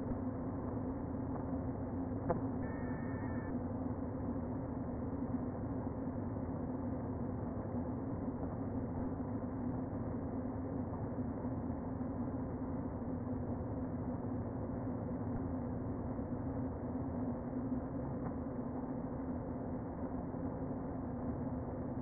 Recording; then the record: honeybee colony, microphone inside the hive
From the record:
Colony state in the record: queen present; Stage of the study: before two queens were removed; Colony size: about 60,000 bees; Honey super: yes